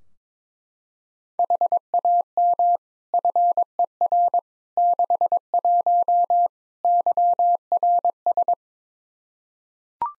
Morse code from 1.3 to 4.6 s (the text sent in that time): HAM FER